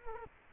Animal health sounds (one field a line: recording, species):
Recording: mosquito wingbeat signal from an infrared sensor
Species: Culex quinquefasciatus